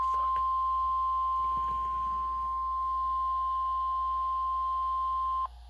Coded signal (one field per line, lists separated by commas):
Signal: Emergency Alert System (SAME) tones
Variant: 1050 Hz attention tone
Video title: First SVR (EAS #2)